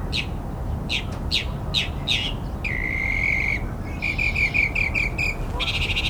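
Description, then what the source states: Northern Mockingbird song: rapid repeated buzzy chirps, then a long steady whistled note, then a run of quick rattling notes, over constant low rumbling background noise. Mockingbird singing right overhead along a train yard next to a harbor, imitating many other birds such as barn swallow and cardinal.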